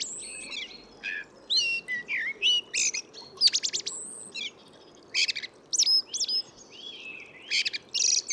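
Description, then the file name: Eurasian blackbird giving sharp high chinking and squeaky notes in quick clusters, some thin whistles between them, pausing briefly before each new burst. "Turdus merula"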